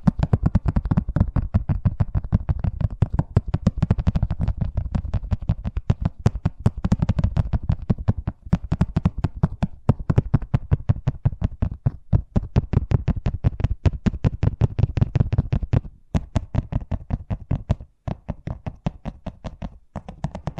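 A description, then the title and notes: Fast tapping runs for the whole stretch, a dense stream of sharp, knock-like hits coming several times a second with a low thump under each. The rhythm is mostly steady, broken by brief pauses around eight, sixteen and eighteen seconds. ASMR Braingasm Inducing Fast Tapping (No Talking).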